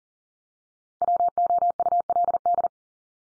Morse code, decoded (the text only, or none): WOULD